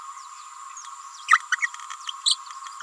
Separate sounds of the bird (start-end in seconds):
1.28-1.40, 2.25-2.38